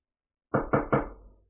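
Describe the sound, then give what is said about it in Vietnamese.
Three quick, firm knocks on the door of a stone chamber in a palace, in an even rhythm, each a dull wooden thud with a short ring that fades out afterward. No voices are heard. “Một hồi tiếng gõ cửa truyền đến, Thạch Mục sửng sốt, cất cái mảnh xương trong tay rồi thu lại vào ngực, sau đó đứng dậy đi ra khỏi tẩm thất.”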